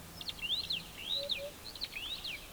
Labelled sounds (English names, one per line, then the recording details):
Superb Starling flight call
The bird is a male
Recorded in Kenya on 25 April 2009 at 09:58
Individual 93, of group SRB1